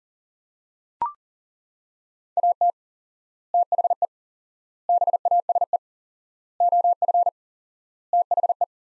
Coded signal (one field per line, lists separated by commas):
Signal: Morse code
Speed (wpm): 37 wpm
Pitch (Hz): 700 Hz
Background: none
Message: AT THE BASE OF THE